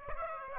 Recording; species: mosquito wingbeat signal from an infrared sensor; Aedes aegypti